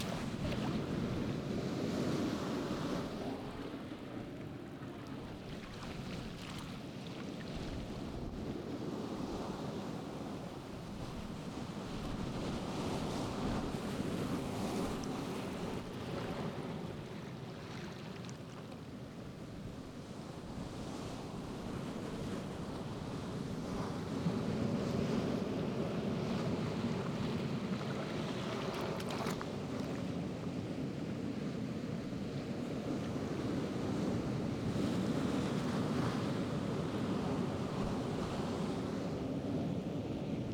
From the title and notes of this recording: Rising Tide in the Pacific. This week, I’m on the Oregon Coast. The rocky beaches at the base of Tillamook Head. At high tide, the waves crash, and water surges between the rocks. I recorded this with a boom pole held just inches from the water, so the rocks would shield the microphone from the concussive gusts of wind. As a result, the waves sound distant, but the rushing of water through the rocks is very close and clear.